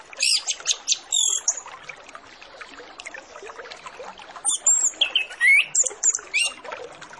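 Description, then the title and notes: Orange-headed Thrush song, short bursts of high rapid notes, then a quiet gap, then more sliding whistles and chirps. Full 'masteran' track with 'isian' song phrases, used as a lure to get Orange-headed Thrushes to sing quickly and openly. "Masteran Anis Kembang Full Isian Untuk Suara Pancingan Anis Kembang Agar Cepat Ngeplong. Suara Burung Anis Kembang"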